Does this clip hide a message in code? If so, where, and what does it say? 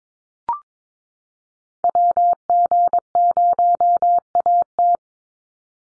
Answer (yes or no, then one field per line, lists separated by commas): yes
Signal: Morse code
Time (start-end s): 1.8-5.0 s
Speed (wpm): 22 wpm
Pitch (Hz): 700 Hz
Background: none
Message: WG0AT